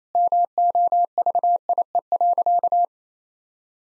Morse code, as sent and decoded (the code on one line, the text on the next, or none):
-- --- ...- .. . .-.-.-
MOVIE.